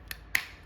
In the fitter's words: You can hear that snap.